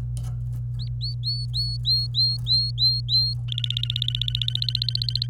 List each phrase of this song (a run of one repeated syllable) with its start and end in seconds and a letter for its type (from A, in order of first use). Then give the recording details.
0.79-3.34 A, 3.48-5.27 B. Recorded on 26 April 2018 at 11:54. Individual llb3